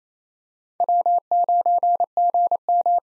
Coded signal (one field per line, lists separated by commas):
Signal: Morse code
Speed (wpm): 27 wpm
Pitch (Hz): 700 Hz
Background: none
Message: W9GM